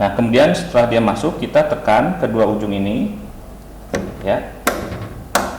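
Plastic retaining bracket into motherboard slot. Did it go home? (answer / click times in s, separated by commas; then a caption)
yes / 4.7 s, 5.3 s. Someone talks while a plastic retaining bracket is pressed into a motherboard slot, both ends pushed down during PC assembly. A sharp tap comes at 3.9 s, then the bracket clicks home at 4.7 s and 5.4 s, one click for each side. It is locked in place.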